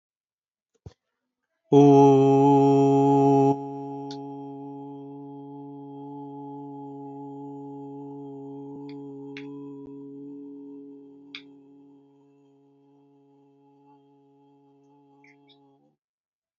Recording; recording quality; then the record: sustained vowel as in boot; excellent, no background noise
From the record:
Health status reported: healthy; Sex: male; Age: 41 years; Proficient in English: yes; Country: United States